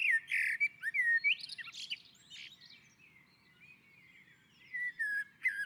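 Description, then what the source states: Common blackbird singing loud mellow whistled phrases that break into scratchy high twitters, followed by a lull and then more brief fluty notes. On a roof.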